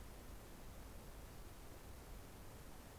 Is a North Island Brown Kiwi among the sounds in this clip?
no